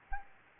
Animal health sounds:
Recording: mosquito wingbeat signal from an infrared sensor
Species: Anopheles gambiae

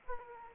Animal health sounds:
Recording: mosquito wingbeat signal from an infrared sensor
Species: Aedes aegypti

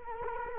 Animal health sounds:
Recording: mosquito wingbeat signal from an infrared sensor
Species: Culex quinquefasciatus

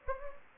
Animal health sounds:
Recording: mosquito wingbeat signal from an infrared sensor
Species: Anopheles gambiae

